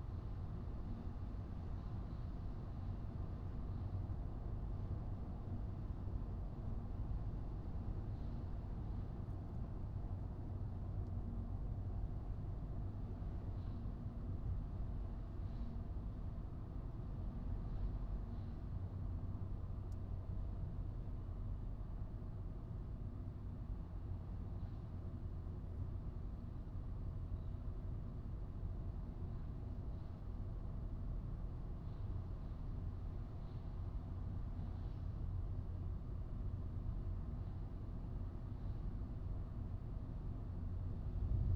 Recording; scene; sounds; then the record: everyday scene through a hearing-aid microphone; in a vehicle; engine, highway driving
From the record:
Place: Skoda Fabia, gasoline engine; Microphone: in the ear canal, right